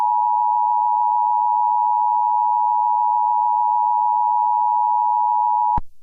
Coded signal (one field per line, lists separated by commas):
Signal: Emergency Alert System (SAME) tones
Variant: 853 and 960 Hz attention tone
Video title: Hue Hue Hue - Eas Scenario